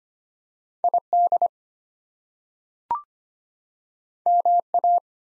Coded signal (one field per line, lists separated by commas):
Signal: Morse code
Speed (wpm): 25 wpm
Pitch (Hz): 700 Hz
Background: none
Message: ID MA